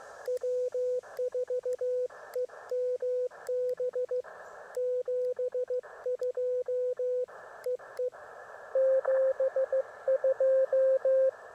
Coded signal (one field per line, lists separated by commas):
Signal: Morse code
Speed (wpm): 15 wpm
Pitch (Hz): 500 Hz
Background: none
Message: W4EMB 72 EE 72